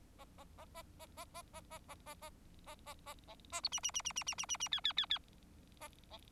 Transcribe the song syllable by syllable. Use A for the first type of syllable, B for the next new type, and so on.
A A A A A A A A A A A A A A A A A B C C C C C C C C C D D D D A E